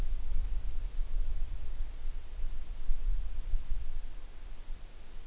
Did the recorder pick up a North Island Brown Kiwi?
no